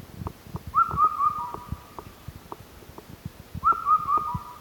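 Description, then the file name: Indian cuckoo call: a phrase of short whistled notes trailing into a level tone, repeated once, with scattered ticking and tapping noises throughout. Recorded 25 May 2017. "segurokakko 170525"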